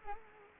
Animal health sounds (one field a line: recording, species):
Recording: mosquito wingbeat signal from an infrared sensor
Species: Anopheles arabiensis